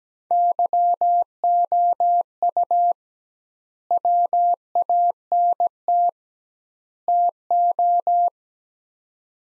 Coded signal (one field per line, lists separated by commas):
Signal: Morse code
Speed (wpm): 17 wpm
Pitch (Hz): 700 Hz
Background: none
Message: YOU WANT TO